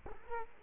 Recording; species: mosquito wingbeat signal from an infrared sensor; Culex quinquefasciatus